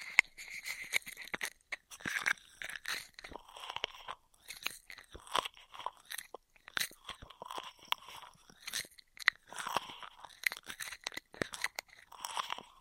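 Intense straw triggers: dense, crinkly crunching and sharp scratchy clicks in irregular bursts, crisp and bright, with brief quiet gaps throughout.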